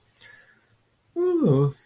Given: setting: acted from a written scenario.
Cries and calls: vocal sound without words; serenity

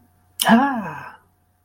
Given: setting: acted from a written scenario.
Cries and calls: vocal sound without words; elation

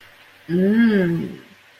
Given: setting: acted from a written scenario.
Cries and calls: vocal sound without words; desire

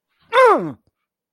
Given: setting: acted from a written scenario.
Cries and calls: vocal sound without words; fear

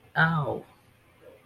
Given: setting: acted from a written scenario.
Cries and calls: vocal sound without words; pain

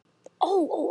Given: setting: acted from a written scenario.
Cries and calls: vocal sound without words; realization

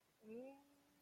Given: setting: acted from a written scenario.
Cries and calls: vocal sound without words; shame

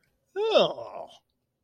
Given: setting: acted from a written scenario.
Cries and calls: vocal sound without words; disgust

